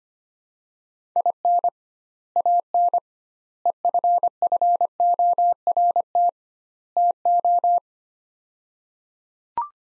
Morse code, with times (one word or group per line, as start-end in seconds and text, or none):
1.2-1.7 IN
2.4-3.0 AN
3.7-6.3 EFFORT
7.0-7.8 TO